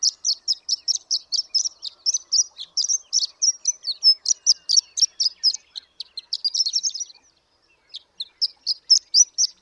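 Horned lark singing a fast series of high, sweet tinkling notes, with a jumbled burst near the end, a short silence, then the twittering resumes.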